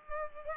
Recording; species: mosquito wingbeat signal from an infrared sensor; Culex pipiens